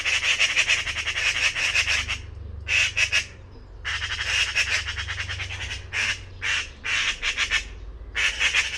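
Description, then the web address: Bird repeating fast buzzy pulsed bursts in several bouts of varied length, over low background noise. Recordings from the "Pi Pi Pi Pi" call class in a 2025 bird-only dataset. "cianscape birddata Deverinetal 2025 File origin Bird Only More Classes Pi Pi Pi Pi"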